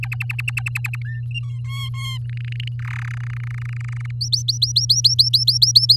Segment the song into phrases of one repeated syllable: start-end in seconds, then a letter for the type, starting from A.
0.03-0.96 A, 1.05-1.21 B, 1.31-1.59 C, 1.64-2.18 D, 2.29-2.68 E, 2.79-3.15 F, 3.17-4.11 G, 4.21-5.96 H